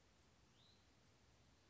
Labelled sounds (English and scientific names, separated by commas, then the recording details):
Hutton's Vireo (Vireo huttoni)
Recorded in Sonoma County, California